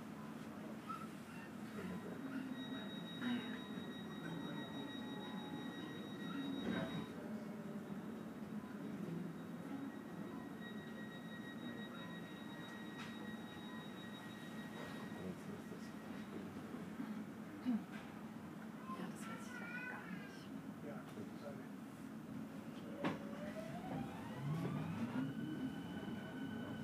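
An S-Bahn ride with a steady low rumble of the train running throughout. High whistling tones come and go, one rising in pitch near the end, with a few clicks and clanks from the wheels around 7, 17 and 23 seconds and faint voices underneath.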